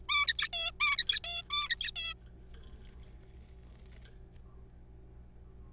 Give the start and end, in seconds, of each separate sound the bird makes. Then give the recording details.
0.09-0.27, 0.27-0.49, 0.53-0.71, 0.80-0.97, 0.98-1.19, 1.24-1.43, 1.50-1.69, 1.70-1.91, 1.96-2.14. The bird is a juvenile. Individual R3428